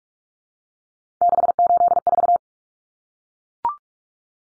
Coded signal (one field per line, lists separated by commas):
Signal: Morse code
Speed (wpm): 44 wpm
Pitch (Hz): 700 Hz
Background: none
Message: 684